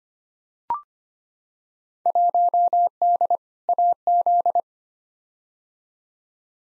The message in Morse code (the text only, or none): 1D AZ